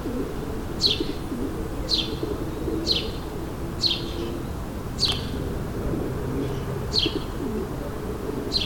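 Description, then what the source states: Sparrow chirps, short downward-sliding notes repeated about once a second, over a low steady hum of background noise. Sparrows recorded in suburban ambient surroundings, May 2022.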